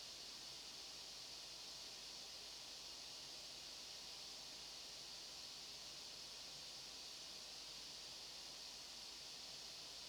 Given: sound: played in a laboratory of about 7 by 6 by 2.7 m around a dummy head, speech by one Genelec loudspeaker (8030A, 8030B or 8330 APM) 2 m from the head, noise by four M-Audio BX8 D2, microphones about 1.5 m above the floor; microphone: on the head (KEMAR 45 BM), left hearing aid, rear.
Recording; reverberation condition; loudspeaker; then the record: white noise; low; four, about 170 cm from the corners of the room and facing them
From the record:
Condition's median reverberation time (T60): about 310 ms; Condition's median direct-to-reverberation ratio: about 3.5 dB